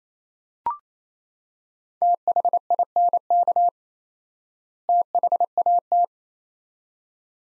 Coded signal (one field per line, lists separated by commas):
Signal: Morse code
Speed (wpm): 27 wpm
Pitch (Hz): 700 Hz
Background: none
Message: THINK THAT